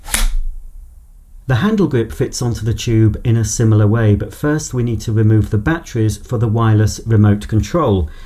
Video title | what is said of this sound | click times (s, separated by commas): Aircraft PowerGlide Cordless Hard Floor Cleaner Unboxing & Demonstration | into the base of the unit until it clicks into position | 0.1 s